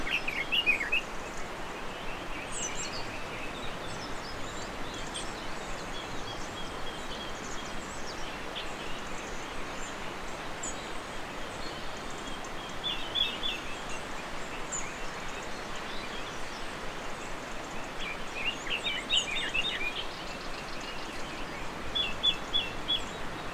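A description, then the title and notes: A dawn chorus in the mountains, with birds calling and chirping from several directions over a steady rushing river. The water's hiss fills the background evenly, while bright chirps and short trills stand out near the start, around 13 seconds, and again near 19 to 23 seconds. Sunrise in the mountains — Vernazza, Cinque Terre, Italy. A sunrise in the mountains above picturesque Vernazza, Cinque Terre, Italy. Birds going crazy, river rushing down in the valley on its way to the sea.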